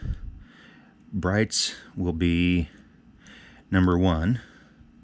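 Someone talks while handling a crimped terminal on the high-beam wire, about to push it into cavity 1 of a plastic multi-pin automotive connector housing for a front bumper cover quick disconnect on a notchback. Nothing has seated or clicked yet.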